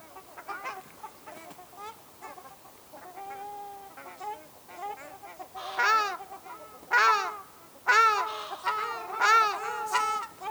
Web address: sound Ruddy-shelduck